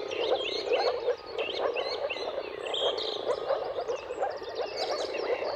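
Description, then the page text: Moor frog chorus of many low, gurgling calls pulsing together without pause, while birds add whistles and trills over the top. Many moor frogs giving mating calls in a dawn chorus at sunrise, at the turn of March and April, timing depending on weather. "Jakub-Orzecki moor frogs. Dawn’s Chorus: Mating Calls of Marsh Frogs at Sunrise. Depending on the weather at the turn of March and April, you can witness an amazing spectacle of moor frogs"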